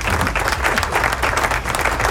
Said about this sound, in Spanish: Ahí se oyen mejor los aplausos. Ahí están. Este lechón atómico tiene un revolú siempre con los volúmenes.